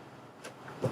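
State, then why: Not seated. A lid is being put onto a blender or food processor container to puree broccoli, with three brief handling sounds at about 0.5, 0.7 and 0.8 seconds, the last one loudest, over a low steady background. The lid has not clicked or seated into place yet.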